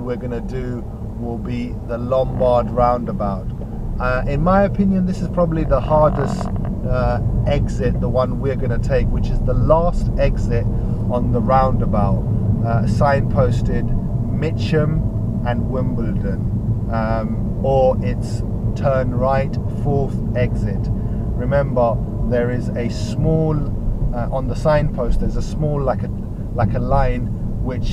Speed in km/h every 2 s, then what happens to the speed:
15, 19, 24, 26, 31, 34, 32, 29, 32, 34, 32, 27, 27, 27.
0-10 speeds up to 34. 10-18 steady at about 32. 18-22 slows to 27. 22-28 steady at about 27.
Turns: none.